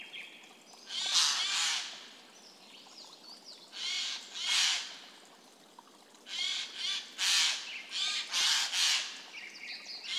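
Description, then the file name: Eurasian jay with loud, grating screeches in uneven clusters, single and paired harsh bursts spread across the recording, separated by quiet gaps. "Garrulus glandarius"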